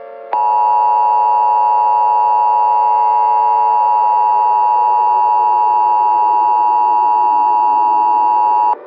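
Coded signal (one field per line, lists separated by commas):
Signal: Emergency Alert System (SAME) tones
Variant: 853 and 960 Hz attention tone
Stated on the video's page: Fictional EAS scenario; the tones were made with a Python EAS generator and edited in audio software.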